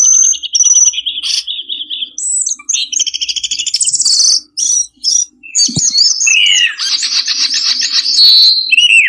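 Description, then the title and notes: Bird song in a dense mix of high whistles, rapid trills and chirps, phrases changing quickly. Bird lure sounds meant to attract wary birds that are hard to approach. "Suara Burung Bandel Yang Susah Mendekati. Kompilasi Suara Pikat Burung"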